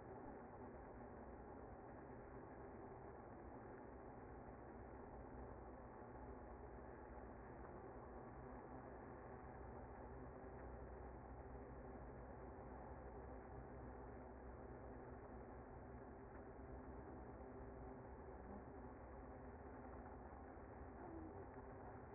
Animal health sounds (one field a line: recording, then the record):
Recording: honeybee colony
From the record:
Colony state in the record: active